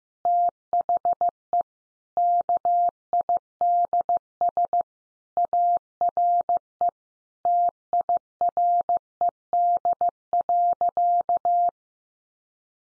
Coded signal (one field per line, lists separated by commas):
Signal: Morse code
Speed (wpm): 15 wpm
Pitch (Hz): 700 Hz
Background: none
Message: THE KIDS ARE TIRED.